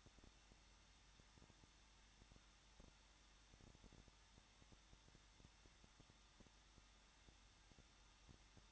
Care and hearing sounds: daily activity, microphone in the room; no activity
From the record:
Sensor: 3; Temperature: 21.2 degrees Celsius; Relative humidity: 36.4%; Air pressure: 1006.4 hPa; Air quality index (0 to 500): 223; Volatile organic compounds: 43 ppm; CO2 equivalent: 3192 ppm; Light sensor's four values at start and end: 2/3/2/2 and 2/3/2/2

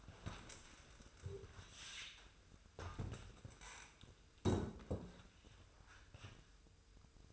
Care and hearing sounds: daily activity, microphone in the room; stand up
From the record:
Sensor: 2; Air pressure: 1004.9 hPa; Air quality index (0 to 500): 99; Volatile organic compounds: 2 ppm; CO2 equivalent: 1196 ppm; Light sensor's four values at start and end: 7/17/7/7 and 7/16/7/7

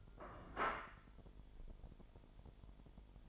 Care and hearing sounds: daily activity, microphone in the room; place plate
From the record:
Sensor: 5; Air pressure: 1002.1 hPa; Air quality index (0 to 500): 225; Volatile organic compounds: 28 ppm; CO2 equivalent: 2923 ppm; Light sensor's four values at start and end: 10/24/10/11 and 10/24/10/11

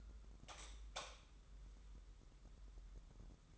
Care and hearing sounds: daily activity, microphone in the room; light on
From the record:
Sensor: 3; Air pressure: 995.3 hPa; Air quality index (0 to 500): 84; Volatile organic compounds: 7 ppm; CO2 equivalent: 2025 ppm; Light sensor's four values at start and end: 9/22/9/9 and 12/31/12/12

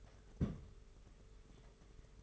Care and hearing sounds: daily activity, microphone in the room; place on stove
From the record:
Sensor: 4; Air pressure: 991.9 hPa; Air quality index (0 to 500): 85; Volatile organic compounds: 6 ppm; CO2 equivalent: 1925 ppm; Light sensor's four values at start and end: 21/75/27/29 and 21/75/27/29

